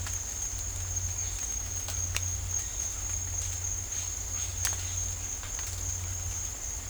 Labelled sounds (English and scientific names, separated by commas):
none